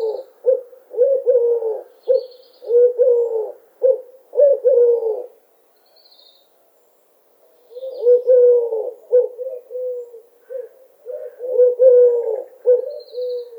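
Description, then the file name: Eurasian collared dove giving low, repeated three-note cooing phrases, two bouts separated by a short pause, with faint high chirps from another bird. "Tuerkentaube Ruf"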